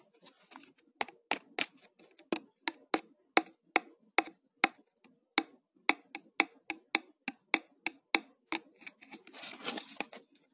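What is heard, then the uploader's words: Plastic clicks and taps come in a quick, uneven series, about two to three per second, each sharp and bright with almost no tail. The sounds are dry, with a brief rustling scrape near the end. ASMR - Plastic sounds.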